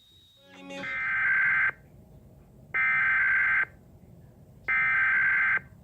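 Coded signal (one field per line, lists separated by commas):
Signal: Emergency Alert System (SAME) tones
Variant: header bursts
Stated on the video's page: Iowa Required Monthly Test originated by an AM station and relayed on all Iowa radio and TV stations.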